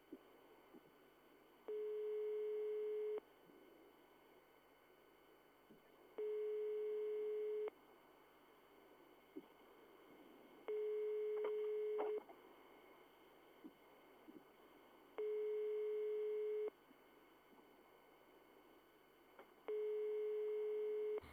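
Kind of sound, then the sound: signal or alarm, telephone line ringing tone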